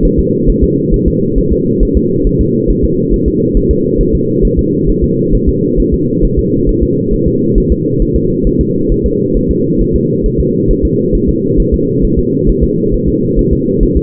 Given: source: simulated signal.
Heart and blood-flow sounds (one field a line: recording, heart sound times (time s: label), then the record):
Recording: fetal heart sounds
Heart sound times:
0.05 s: S1
0.19 s: S2
0.50 s: S1
0.64 s: S2
0.94 s: S1
1.08 s: S2
1.38 s: S1
1.53 s: S2
1.83 s: S1
1.97 s: S2
2.27 s: S1
2.41 s: S2
2.70 s: S1
2.84 s: S2
3.14 s: S1
3.28 s: S2
3.57 s: S1
3.71 s: S2
4.01 s: S1
4.15 s: S2
4.45 s: S1
4.59 s: S2
4.90 s: S1
5.04 s: S2
5.34 s: S1
5.49 s: S2
5.80 s: S1
5.94 s: S2
6.25 s: S1
6.39 s: S2
6.69 s: S1
6.83 s: S2
7.13 s: S1
7.28 s: S2
7.58 s: S1
7.72 s: S2
8.02 s: S1
8.16 s: S2
8.47 s: S1
8.61 s: S2
8.92 s: S1
9.06 s: S2
9.37 s: S1
9.51 s: S2
9.81 s: S1
9.96 s: S2
10.26 s: S1
10.40 s: S2
10.71 s: S1
10.85 s: S2
11.15 s: S1
11.29 s: S2
11.60 s: S1
11.74 s: S2
12.05 s: S1
12.19 s: S2
12.49 s: S1
12.64 s: S2
12.94 s: S1
13.09 s: S2
13.39 s: S1
13.53 s: S2
13.83 s: S1
13.97 s: S2
From the record:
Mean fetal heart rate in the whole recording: 135 bpm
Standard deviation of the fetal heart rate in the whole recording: 3 bpm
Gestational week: 36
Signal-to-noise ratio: -11.2 dB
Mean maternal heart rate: 72 bpm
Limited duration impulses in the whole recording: present